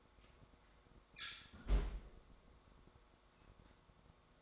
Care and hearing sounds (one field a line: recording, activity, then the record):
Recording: daily activity, microphone in the room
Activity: close fridge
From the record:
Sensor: 3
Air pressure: 1004.6 hPa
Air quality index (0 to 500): 192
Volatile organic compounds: 13 ppm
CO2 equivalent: 2402 ppm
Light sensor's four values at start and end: 5/13/5/5 and 5/13/5/5